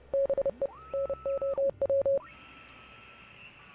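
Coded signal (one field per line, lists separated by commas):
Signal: Morse code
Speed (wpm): 30 wpm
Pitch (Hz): 550 Hz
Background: none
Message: BE NOW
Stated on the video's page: From the indie game Oxenfree.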